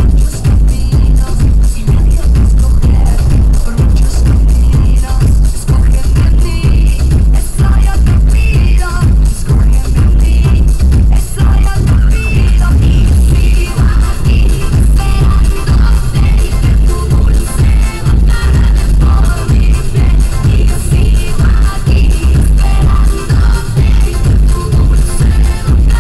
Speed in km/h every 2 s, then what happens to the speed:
71, 72, 76, 76, 72, 74, 74, 76, 74, 74, 72, 69, 66.
0-15 steady at about 74. 15-26 slows to 66.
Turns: none.